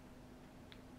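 A wooden screw is turned backwards in its threaded opening in a shave horse part, so it finds the threads cut the first time rather than cross-threading. Over a steady low hum, a single small click at 0.7 s marks the thread start dropping into the existing threads. The screw is seated in the right threads.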